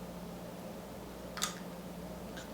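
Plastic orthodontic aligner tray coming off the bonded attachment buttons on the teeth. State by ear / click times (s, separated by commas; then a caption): released / 1.4 s. A fingernail hooked behind the back of a clear plastic upper orthodontic aligner tray pops it off the bonded tooth attachment buttons, making small sharp clicks at 1.4 s and 1.4 s over a steady low background hum. The tray comes free and is released.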